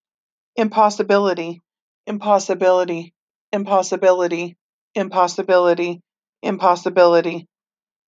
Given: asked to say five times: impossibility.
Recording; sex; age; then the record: repeated word; female; 30 to 39 years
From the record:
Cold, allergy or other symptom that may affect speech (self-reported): no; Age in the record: 38 years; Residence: Nebraska, United States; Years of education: 14